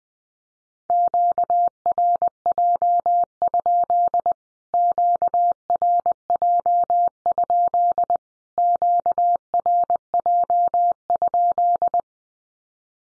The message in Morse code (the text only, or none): QRJ? QRJ? QRJ?